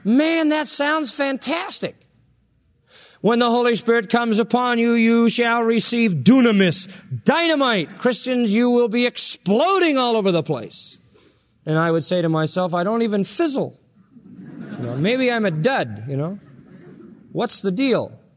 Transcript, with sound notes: Man, that sounds fantastic...when the Holy Spirit comes upon you, you shall receive dunimous...dynamite...Christians, you will be exploding all over the place. And I would say to myself, "I don't even fizzle." [Laughter] "You know, maybe I'm a dud, you know? What's the deal?"